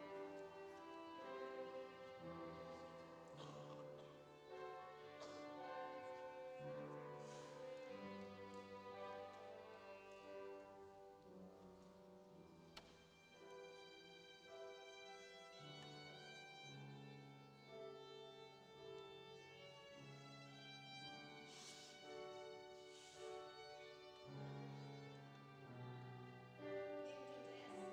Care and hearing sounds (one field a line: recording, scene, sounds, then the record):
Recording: everyday scene through a hearing-aid microphone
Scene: reverberant space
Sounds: music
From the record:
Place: church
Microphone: in the ear canal, left